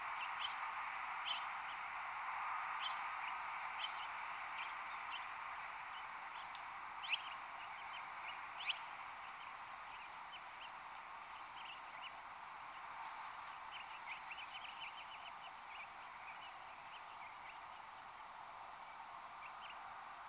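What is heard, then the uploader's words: A house finch gives faint, scattered chirps and short warbled notes, with brief sharper calls near seven and nine seconds. A steady, hissing mid-pitched background noise runs under the whole recording and stays constant throughout. House Finch. Area: Common throughout Hunterdon County. Often come to black oil sunflower seed at feeder, or perch high in side yard trees.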